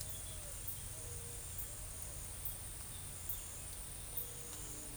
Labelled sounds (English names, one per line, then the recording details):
Pale-vented Pigeon
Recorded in forest near Pivijay, Magdalena, Colombia, on 2 June 2023 at 17:00
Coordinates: 10.467, -74.380
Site Z5-G034